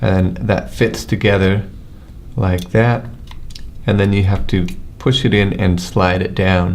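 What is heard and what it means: A regional plug insert with metal prongs is lined up in the slots of a power adapter and handled while someone talks, with faint handling noise between the words. Nothing has seated or clicked yet; the clip ends before the insert is pushed in and slid down into place.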